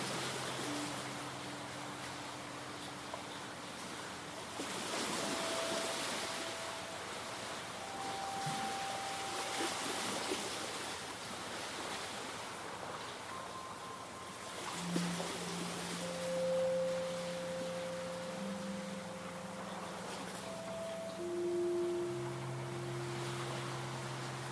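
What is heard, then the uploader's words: Waves lap lazily onto the smooth stones of the Lake Superior shore in a steady, soft wash, swelling gently around five, fifteen and twenty-two seconds. Long, steady horn-like tones sound underneath, changing pitch now and then. Waves lap lazily onto the smooth stones of Superior's lakeshore.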